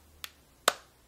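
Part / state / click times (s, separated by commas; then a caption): smartphone into car dock clip / seated / 0.7 s. A Nexus One smartphone is slid bottom first into a plastic car dock, then its top is pressed in. A faint tick at 0.2 s is followed by a louder, sharp click at 0.7 s as the dock's clip locks the phone securely in place.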